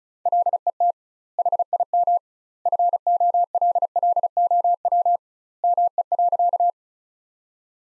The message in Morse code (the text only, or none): LET HIM FOLLOW ME.